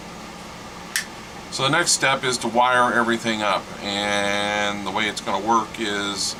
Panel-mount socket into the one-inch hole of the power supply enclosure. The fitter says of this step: just snaps into place so